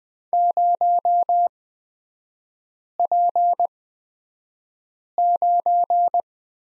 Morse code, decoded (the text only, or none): 0P9